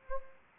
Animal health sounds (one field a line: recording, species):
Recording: mosquito wingbeat signal from an infrared sensor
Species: Anopheles gambiae